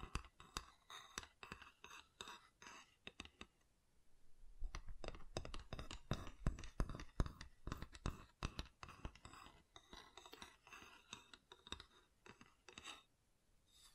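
Close, dry wooden tapping and clicking fills the clip, with quick irregular taps arriving in dense bursts and brief gaps. The sounds are crisp and near, with a hollow knock beneath the bright clicks, and activity thickens from about four seconds onward in a quiet small room.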